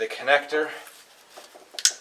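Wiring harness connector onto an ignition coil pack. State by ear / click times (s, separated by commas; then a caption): seated / 1.8 s, 1.9 s. Someone talks while a plastic wiring harness electrical connector is pushed with firm, steady pressure onto an ignition coil pack on a 2009 Audi A4 2.0L turbo engine. Small, sharp clicks sound at 1.8 s and 1.9 s as the latch locks and the connector seats.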